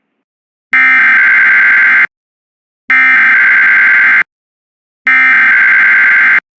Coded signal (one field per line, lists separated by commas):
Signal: Emergency Alert System (SAME) tones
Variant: header bursts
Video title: Qurtuple Hearder EAS #222-225 2 Tornado Warnings 1 Flash Flood Warning And Weekly Test On WJON-IP